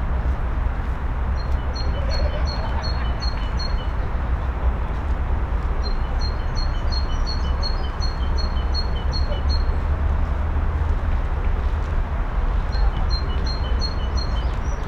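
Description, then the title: Birds give three bursts of rapid, high repeated chirps, each lasting a few seconds, above a constant low rumble. Recorded in the Kruidtuin (Botanique) garden, Koningsstraat 236, Sint-Joost-ten-Node, Brussels, Belgium; recordists hid themselves to listen to the birds. "Kruidtuin, Koningsstraat 236, 1210 Sint-Joost-ten-Node, België - Birds in Botanique"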